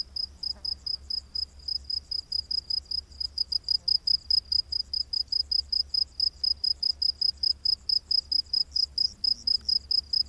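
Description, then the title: Cricket chirping, rapid high-pitched pulses sustained throughout in a steady, insistent rhythm. Rainforest at night. "Crickets of the Rainforest"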